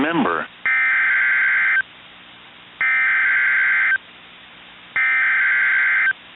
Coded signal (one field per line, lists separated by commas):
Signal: Emergency Alert System (SAME) tones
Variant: header bursts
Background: speech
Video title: 4/24/24 - Tornado Warning on KIH61 (EAS #1059)